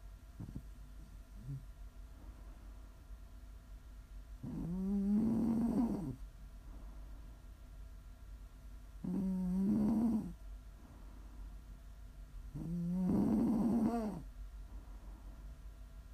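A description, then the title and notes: Snoring comes in three long, low breaths, starting around 4.5, 9 and 12.5 seconds, each lasting over a second with a rattling, rising drone. Between them there is quiet, with a faint steady hum and a couple of soft clicks early on. ASMR snoring.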